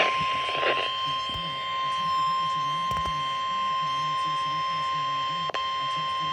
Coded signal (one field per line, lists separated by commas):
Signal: Emergency Alert System (SAME) tones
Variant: 1050 Hz attention tone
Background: speech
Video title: EAs Severe Thunderstorm warning For my county